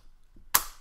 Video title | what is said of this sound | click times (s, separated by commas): SnapMount for iPhone 4/4S Review | it snaps I'm not sure if you could hear that but trust me it does SNAP | 0.5 s